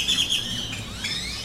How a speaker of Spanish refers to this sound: Pájaros al anochecer, Juchitán, Oaxaca.